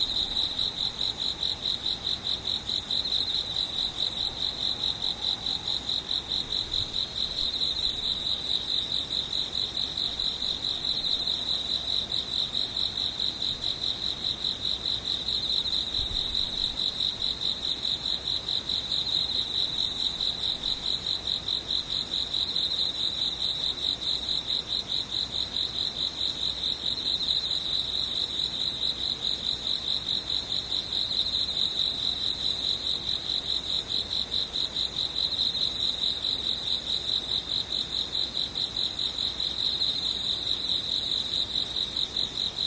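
Insects trill without a break, a dense, high, even buzz of cricket-like chirring that holds the same pitch and loudness for the whole stretch. It sounds constant, with only a faint low murmur underneath and a soft thump near the sixteen-second mark.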